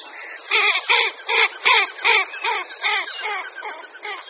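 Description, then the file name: Common goldeneye giving a series of harsh, nasal, grating calls, about two or three each second, slowly fading and softening toward the end. "Hohol-severní"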